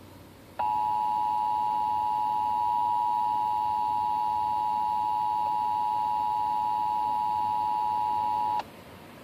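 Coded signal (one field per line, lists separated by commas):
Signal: Emergency Alert System (SAME) tones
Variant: 853 and 960 Hz attention tone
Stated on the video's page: Required monthly test aired on an FM station.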